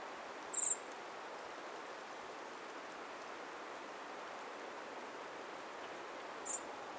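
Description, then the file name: Eurasian blackbird calls, two thin high-pitched notes roughly six seconds apart, the second fainter, against a broad steady outdoor hiss. "Turdus merula"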